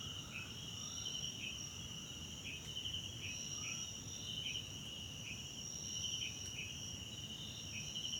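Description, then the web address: Crickets trill continuously in a dense high chorus, with short rising chirps repeating regularly, plus a few lower rising notes. Background chorus of South African crickets recorded at night in a wetland park at Kosi Forest Lodge, South Africa. "Tonschliff - SOUTH AFRICAN CRICKETS BG South Africa Wetland Park Kosi Forest Lodge Night"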